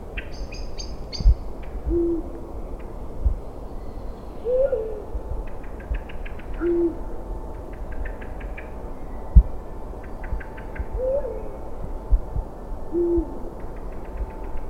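Eagle-owl hooting: short, deep hoots spaced about two to five seconds apart, alternating with slightly higher, upward-bending notes. A faint clicking rattle repeats throughout, over a steady low rumble.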